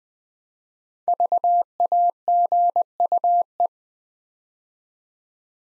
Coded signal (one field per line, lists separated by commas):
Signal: Morse code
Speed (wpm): 20 wpm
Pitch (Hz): 700 Hz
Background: none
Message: VAGUE